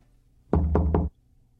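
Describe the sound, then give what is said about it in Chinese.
Three firm knocks on a wooden door in the middle of the night, evenly spaced in a quick, steady rhythm, heard alone against a quiet background. “正躺着，听到嘟嘟嘟三声，似乎有人敲门。”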